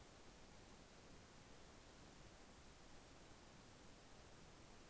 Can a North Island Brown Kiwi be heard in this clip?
no